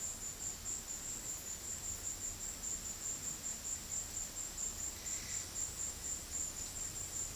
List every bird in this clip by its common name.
none